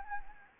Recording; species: mosquito wingbeat signal from an infrared sensor; Anopheles gambiae